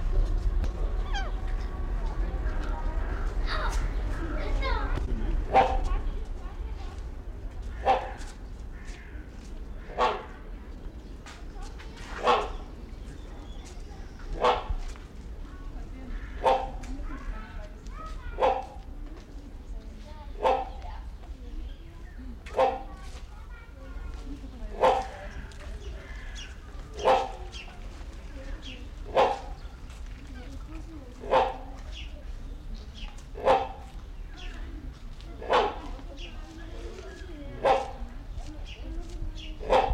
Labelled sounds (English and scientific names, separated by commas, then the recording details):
Rhinoceros Hornbill (Buceros rhinoceros)
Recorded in captivity
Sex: pair
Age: adult
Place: Zoo Berlin, Berlin, DE
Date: 1994-07-16 11:42
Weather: sonnig, 22-26°C
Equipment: Marantz CP 430, Sennheiser ME 80, Kopie Uher Variocord 263
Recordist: Tembrock, Günter